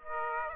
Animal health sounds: mosquito wingbeat signal from an infrared sensor; Aedes aegypti

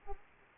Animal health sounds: mosquito wingbeat signal from an infrared sensor; Aedes aegypti

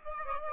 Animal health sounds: mosquito wingbeat signal from an infrared sensor; Aedes aegypti

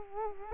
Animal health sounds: mosquito wingbeat signal from an infrared sensor; Culex quinquefasciatus

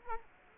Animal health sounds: mosquito wingbeat signal from an infrared sensor; Culex quinquefasciatus

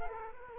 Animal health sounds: mosquito wingbeat signal from an infrared sensor; Culex quinquefasciatus

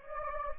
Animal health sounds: mosquito wingbeat signal from an infrared sensor; Anopheles gambiae

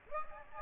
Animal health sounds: mosquito wingbeat signal from an infrared sensor; Aedes aegypti

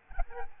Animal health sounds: mosquito wingbeat signal from an infrared sensor; Aedes albopictus

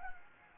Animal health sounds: mosquito wingbeat signal from an infrared sensor; Anopheles gambiae

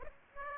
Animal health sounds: mosquito wingbeat signal from an infrared sensor; Aedes aegypti

